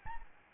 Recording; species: mosquito wingbeat signal from an infrared sensor; Aedes albopictus